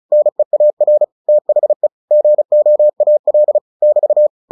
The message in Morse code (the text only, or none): NEAR THE GOAL <BT>